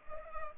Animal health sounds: mosquito wingbeat signal from an infrared sensor; Culex pipiens

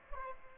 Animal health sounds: mosquito wingbeat signal from an infrared sensor; Aedes aegypti

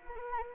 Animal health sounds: mosquito wingbeat signal from an infrared sensor; Anopheles arabiensis

